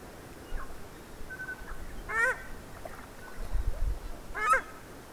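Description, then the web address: Paradise shelduck calls: two short, harsh, nasal honks about two seconds apart, with fainter brief notes and low rumbling background noise. "paradise shelduck. صدای-پرنده-تنجه-بهشتی"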